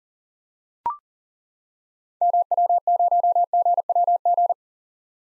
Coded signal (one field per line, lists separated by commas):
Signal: Morse code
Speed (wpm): 38 wpm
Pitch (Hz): 700 Hz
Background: none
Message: MW0GWG